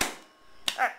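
A plastic folding stock on a JG MK36C airsoft rifle is folded back to its extended position and snaps home with a single sharp clack at 0.0 s, seating and locking into place. A second sharp sound follows near 0.7 s, and then someone talks.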